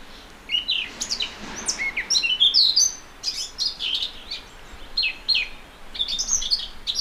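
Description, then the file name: Eurasian blackcap giving a continuous jumble of rapid warbled notes and brighter whistles, pitch shifting constantly. "Sylvia atricapilla"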